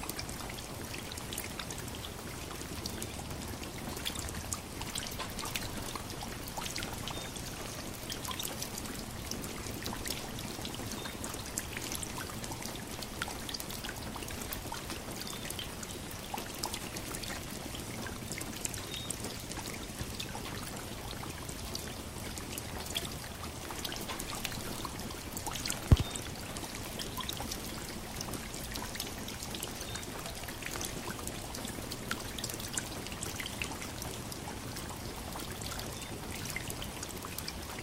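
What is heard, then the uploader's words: Steady rain falls throughout, a dense, even hiss of drops pattering on a surface with many small taps spread across the sound. A faint low rumble sits underneath, and one sharp, louder drop or knock stands out near the 26-second mark. Peaceful Rain Sound. Rain soundscapes.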